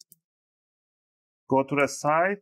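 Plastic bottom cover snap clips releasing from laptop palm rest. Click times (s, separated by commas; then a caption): 0.0 s, 0.1 s. On an ASUS X509M/X509MA (BR407TS) laptop, an opening tool wedged between the plastic bottom cover and the palm rest is twisted to pop the snap clips along the front edge. Two short sharp clicks sound at 0.0 s and 0.1 s as the clips release, followed by silence and then someone talking from about 1.5 s.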